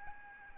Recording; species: mosquito wingbeat signal from an infrared sensor; Aedes albopictus